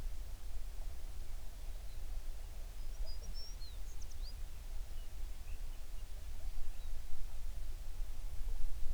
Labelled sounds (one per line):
songbird